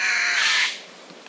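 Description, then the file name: Eurasian jay making one long, harsh, noisy screech that fades out after nearly a second. "Garrulus glandarius"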